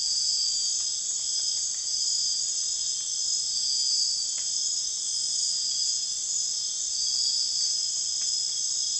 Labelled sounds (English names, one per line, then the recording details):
none
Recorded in secondary vegetation near Puerto Asís, Putumayo, Colombia, on 30 June 2025 at 03:30
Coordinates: 0.485, -76.322
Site GP06